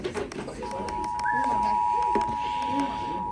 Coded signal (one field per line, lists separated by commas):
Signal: Emergency Alert System (SAME) tones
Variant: 853 and 960 Hz attention tone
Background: speech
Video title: Tests Everywhere! (EAS Tests from 5/1/23-5/4/23) (EAS #1,009-1,018)